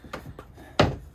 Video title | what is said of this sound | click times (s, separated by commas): 2020 Dodge Charger Widebody Vicrez Diffuser Install | You'll hear a very gratifying click when it's in. | 0.8 s